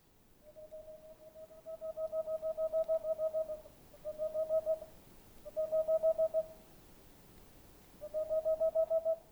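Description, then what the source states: Boreal owl song, long fast trains of mellow hoots, the first running over a dozen notes, then three shorter bursts after brief breaks, with faint background hiss. Male singing near a nest hole in a tall dead tree in the middle of a forest, Haut-Diois, France, 15 April 2020; recorded on Nagra LB with stereo omni microphones.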